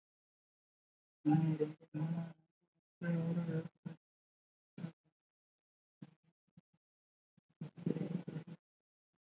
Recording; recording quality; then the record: counting at a normal pace; excellent, no background noise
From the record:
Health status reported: recovered from COVID-19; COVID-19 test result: negative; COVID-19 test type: RT-PCR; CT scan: not taken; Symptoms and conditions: cough, cold, sore throat, fever, fatigue, muscle pain, loss of smell and taste, diarrhoea, asthma, diabetes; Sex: female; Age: 32 years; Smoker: no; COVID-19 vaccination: both doses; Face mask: worn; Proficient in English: yes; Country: India